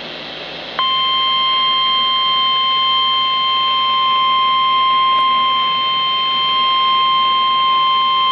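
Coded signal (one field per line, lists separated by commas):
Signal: Emergency Alert System (SAME) tones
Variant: 1050 Hz attention tone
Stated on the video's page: Tornado Warning EAS alert recorded in the Mid-Atlantic region.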